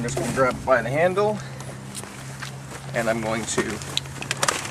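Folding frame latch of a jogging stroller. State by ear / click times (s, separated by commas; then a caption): seated / 4.5 s. Someone talks while lifting a folded Baby Jogger Summit X3 jogging stroller by its handle and pushing the frame forward to unfold it. A run of sharp hits follows near the end, and the last one, at 4.5 s, is the fold latch clicking into place. The stroller frame is seated and locked open.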